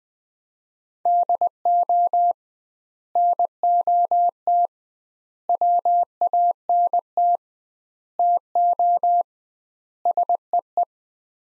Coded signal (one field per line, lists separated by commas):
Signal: Morse code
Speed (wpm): 21 wpm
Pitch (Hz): 700 Hz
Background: none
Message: DO NOT WANT TO SEE